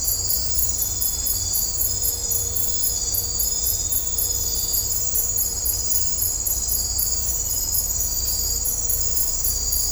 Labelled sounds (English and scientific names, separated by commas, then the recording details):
none
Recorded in dense forest near Puerto Asís, Putumayo, Colombia, on 18 December 2024 at 00:00
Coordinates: 0.503, -76.323
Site G043